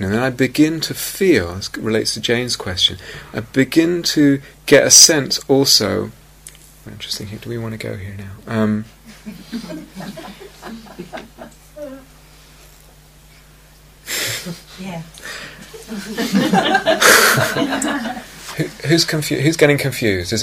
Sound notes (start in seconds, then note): 9.1 laughter; 15.6 laughter